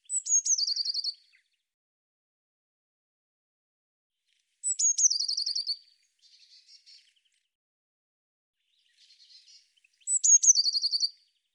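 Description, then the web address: Bird song in three matching phrases about five seconds apart, each a high note dropping into a fast trill, with faint buzzy notes between phrases. "cianscape birddata Deverinetal 2025 Bird Cy Ca"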